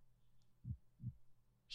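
Two soft, low thumps close together form a single lub-dub, the first and second heart sounds of one beat of a teacher's heart. It is a normal heartbeat, soothing and regular. A brief high-pitched noise cuts in at the very end.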